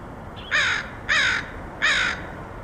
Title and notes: Crows of Portland. Crows recorded by Dan Bodah in Portland, OR, August 2003